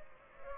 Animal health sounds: mosquito wingbeat signal from an infrared sensor; Culex pipiens

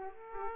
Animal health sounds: mosquito wingbeat signal from an infrared sensor; Aedes aegypti

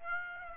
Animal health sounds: mosquito wingbeat signal from an infrared sensor; Aedes aegypti

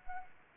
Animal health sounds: mosquito wingbeat signal from an infrared sensor; Anopheles arabiensis

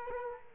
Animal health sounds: mosquito wingbeat signal from an infrared sensor; Culex quinquefasciatus

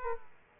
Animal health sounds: mosquito wingbeat signal from an infrared sensor; Aedes aegypti

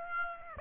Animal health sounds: mosquito wingbeat signal from an infrared sensor; Aedes aegypti

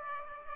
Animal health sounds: mosquito wingbeat signal from an infrared sensor; Aedes aegypti

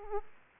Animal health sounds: mosquito wingbeat signal from an infrared sensor; Aedes aegypti

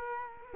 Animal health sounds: mosquito wingbeat signal from an infrared sensor; Culex quinquefasciatus

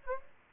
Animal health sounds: mosquito wingbeat signal from an infrared sensor; Aedes aegypti

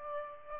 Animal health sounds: mosquito wingbeat signal from an infrared sensor; Aedes aegypti

